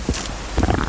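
Stomach rumbles from an adult's abdomen.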